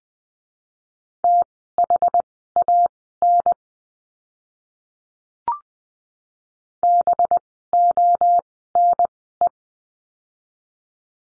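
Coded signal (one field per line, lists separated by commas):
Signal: Morse code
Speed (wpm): 20 wpm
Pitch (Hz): 700 Hz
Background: none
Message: THAN BONE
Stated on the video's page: Morse course lesson, letter B words, at Farnsworth speed of 20/10 wpm.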